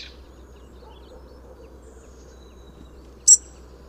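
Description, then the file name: European robin call, one sharp clicking tick near the end of an otherwise quiet stretch with faint low hum. "Erithacus rubecula"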